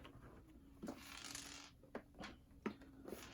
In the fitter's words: And they're not snapping into place on mine.